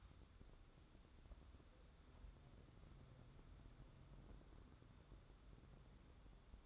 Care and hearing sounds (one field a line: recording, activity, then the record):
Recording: daily activity, microphone in the room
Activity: wipe stove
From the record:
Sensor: 3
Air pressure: 1015.0 hPa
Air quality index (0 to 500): 67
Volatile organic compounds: 1 ppm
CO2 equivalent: 880 ppm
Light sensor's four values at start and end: 15/39/15/16 and 15/39/15/16